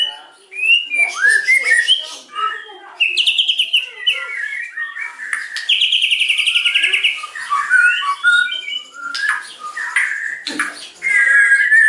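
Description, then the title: White-rumped shama pouring out a long, varied song: whistles, rapid buzzy trills and harsh notes, almost without pause. Lure song (pancingan) meant to provoke an immediate response from other birds; bird described as gacor, singing actively and often. "PANCINGAN MURAI BATU GACORSEKALI DENGAR AMPUH LANGSUNG RESPON"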